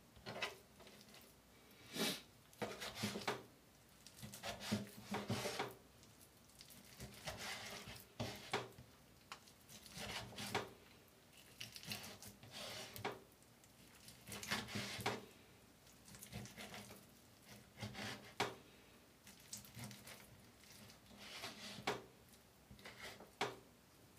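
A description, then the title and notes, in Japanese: Dishes being washed by hand, with frequent clattering knocks and clinks as pots, plates and cutlery bump together. The clanks come in irregular bursts every second or so over a low, steady background hum. 環境音 洗い物2。ひたすら洗います。ガチャガチャ鳴るかもしれないので。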